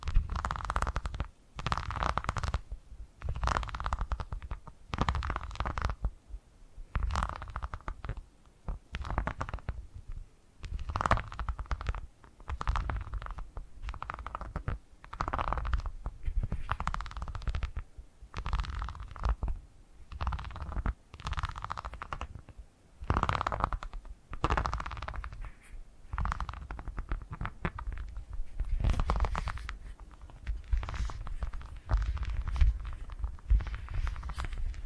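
Purring, made up of low, rumbling bursts that repeat in a steady rhythm roughly every second or so, with short gaps between them. The pulses stay fairly even in strength throughout, with a faint raspy, breathy edge on top of the deep rumble.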